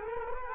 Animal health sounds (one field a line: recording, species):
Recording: mosquito wingbeat signal from an infrared sensor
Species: Culex quinquefasciatus